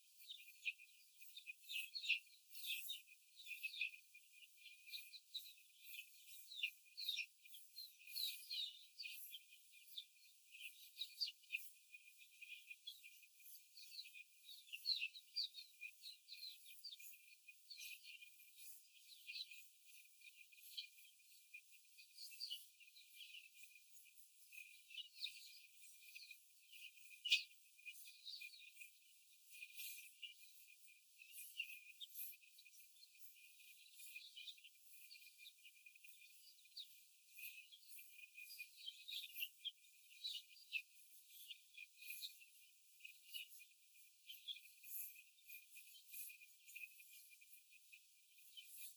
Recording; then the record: young laying hens in a cage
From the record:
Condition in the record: before the stressor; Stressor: simulated dog barking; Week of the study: 4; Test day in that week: 1